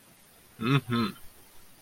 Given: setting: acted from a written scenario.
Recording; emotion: vocal sound without words; desire